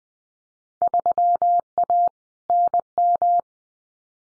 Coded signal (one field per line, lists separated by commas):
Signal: Morse code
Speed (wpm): 20 wpm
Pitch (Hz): 700 Hz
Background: none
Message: 3A NM